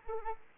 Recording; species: mosquito wingbeat signal from an infrared sensor; Anopheles arabiensis